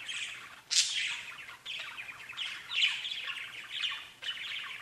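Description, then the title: Budgerigar chatter: a flowing scratchy warble broken by a shrill squawk and a few sharper notes. "Budgie Sounds"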